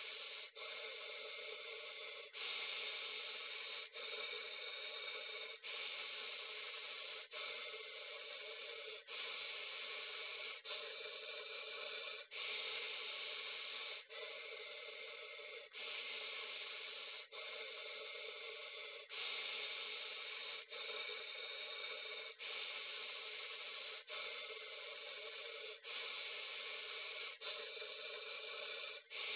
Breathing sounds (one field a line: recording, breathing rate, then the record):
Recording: paced breathing near a phone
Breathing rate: 18 breaths a minute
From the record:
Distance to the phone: 20 cm